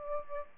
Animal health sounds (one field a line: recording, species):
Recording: mosquito wingbeat signal from an infrared sensor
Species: Aedes aegypti